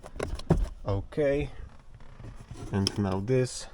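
A plastic cabin air filter box cover on an Audi A3/S3/RS3 (8V) is pressed onto the filter housing behind the glovebox until its three locking clips click into place. Sharp plastic snaps sound at the start, with the clearest click at 0.5 s. Someone then talks as the cover sits seated.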